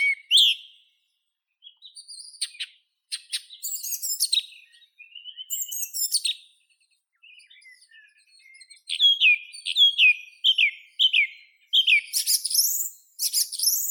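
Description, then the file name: Song thrush song of varied squeaky and scratchy phrases, then a run of sharp downslurred notes repeated five times and high shrill notes at the end. "Neizvesten - Drozd pevchij Turdus philomelos (Zvyki com)"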